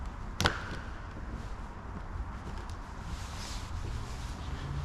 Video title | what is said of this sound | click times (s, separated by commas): CAMPERVAN SECURITY UPGRADE in LESS THAN TEN MINUTES - and NO WIRES! VanGuardian on a motorhome 🚐 | all we do now is we offer it up in place it clicks and locks in place | 0.4 s, 0.5 s